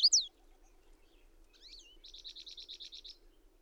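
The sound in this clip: Bird song opening with a loud high slurred note, then a twisting whistle and a run of about ten rapid repeated buzzy notes.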